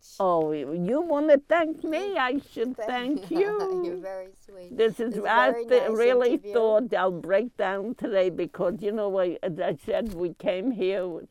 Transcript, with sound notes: Oh, you want to thank me? I should thank you.
(They laugh) You're very sweet.
This is, I really thought I'll break down today because, you know, as I said we came here with,